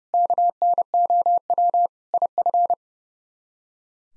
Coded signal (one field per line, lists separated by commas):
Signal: Morse code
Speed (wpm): 38 wpm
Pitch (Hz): 700 Hz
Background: none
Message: KNOW IF